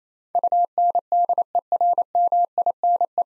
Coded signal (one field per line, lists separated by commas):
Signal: Morse code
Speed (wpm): 28 wpm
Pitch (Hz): 700 Hz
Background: none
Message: UNDERMINE